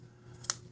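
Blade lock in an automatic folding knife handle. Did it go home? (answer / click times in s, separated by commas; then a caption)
released / 0.5 s. The blade lock in the handle of a Kershaw Launch 8 Auto folding knife, in raw aluminum with CPM-154 steel, is released. A faint tick at 0.45 s comes just before a single sharp, bright click at 0.5 s as the lock lets go, over a quiet low hum. The lock releases.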